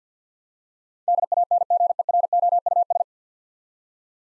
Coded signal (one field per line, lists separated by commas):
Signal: Morse code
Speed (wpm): 50 wpm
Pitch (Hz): 700 Hz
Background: none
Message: DANGEROUS